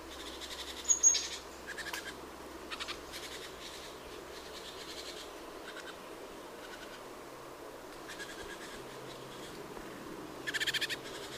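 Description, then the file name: Great tit making scattered dry, buzzy churring bursts, loudest near the start and end, with quieter rattles between over low background noise. "Parus major"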